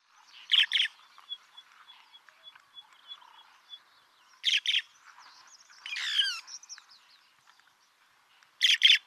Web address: cantos bufalero